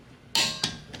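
A click-type torque wrench set to 80 tightens a wheel lug nut on an RX-7 fitted with new wheels. The wrench gives a sharp, bright metallic click at 0.4 seconds as it reaches its setting, followed by a quieter snap at 0.6 seconds and a faint tick near the end. The click confirms the lug nut is torqued to spec.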